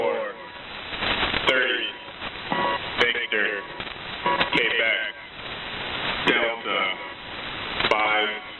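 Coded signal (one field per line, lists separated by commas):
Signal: coded military voice message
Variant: HFGCS EAM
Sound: male voice steadily reading phonetic letters over shortwave, with occasional clicks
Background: radio static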